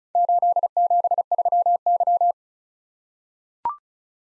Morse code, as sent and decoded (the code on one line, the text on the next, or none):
---.. --... ...-- -.--
873Y